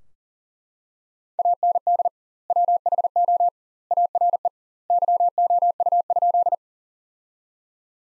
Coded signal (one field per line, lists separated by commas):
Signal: Morse code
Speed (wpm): 37 wpm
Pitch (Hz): 700 Hz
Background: none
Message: AND WHO ARE YOU?